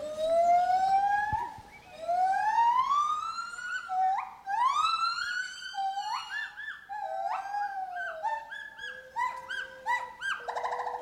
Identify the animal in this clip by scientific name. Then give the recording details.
Hylobates lar. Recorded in captivity. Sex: pair. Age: adult. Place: Zoo Berlin, Berlin, DE. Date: 1992-06-06 10:36. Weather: sonnig, 24-28° C. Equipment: Nagra SN, Mikrofon AKG CK 8, Kopie Tesla B 116. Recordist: Tembrock, Günter. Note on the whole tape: Paar, 2 große Duett-Reihen dann Ende des "Gesanges"